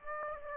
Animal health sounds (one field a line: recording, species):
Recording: mosquito wingbeat signal from an infrared sensor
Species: Aedes aegypti